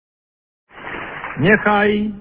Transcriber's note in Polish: oklaski